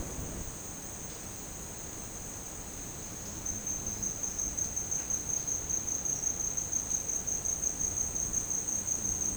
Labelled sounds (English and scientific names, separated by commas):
none